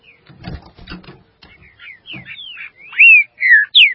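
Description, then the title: Green-winged saltator song: soft clicks and faint notes, then three loud, clear whistled slurs near the end, each rising or falling sharply. "Trinca Ferro"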